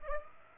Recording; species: mosquito wingbeat signal from an infrared sensor; Aedes aegypti